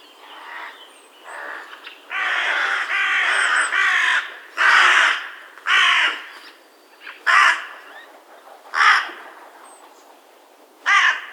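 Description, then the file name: Carrion crow cawing, a series of harsh, hoarse caws, some drawn out and others short. "Corvus corone"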